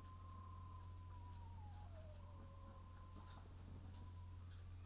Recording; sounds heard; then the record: poultry house recording; healthy chickens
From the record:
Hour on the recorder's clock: 22